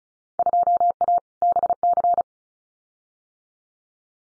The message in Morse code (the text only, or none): 2A BC